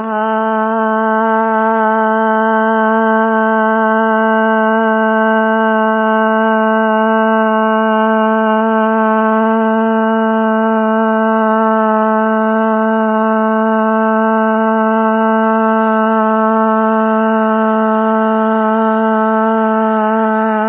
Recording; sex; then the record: sustained vowel /a/; female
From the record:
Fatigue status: fatigue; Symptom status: symptomatic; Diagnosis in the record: COVID-19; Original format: 3gp